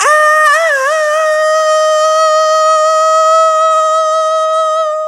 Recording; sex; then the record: sustained vowel /a/; female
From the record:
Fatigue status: no fatigue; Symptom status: symptomatic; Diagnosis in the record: COVID-19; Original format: m4a